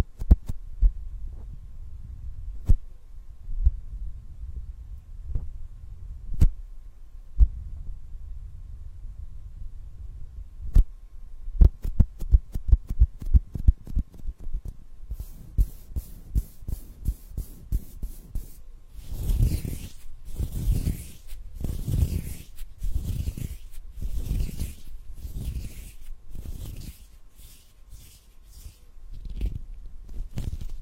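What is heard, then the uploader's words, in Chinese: A hand massage, with soft low thumps and rubbing strokes. The first half is sparse and muffled, with occasional sharp taps; after about twelve seconds the strokes turn quick and regular, and from around fifteen seconds brighter, swishing rubs repeat in steady rhythm. 手部按摩（声控助眠）。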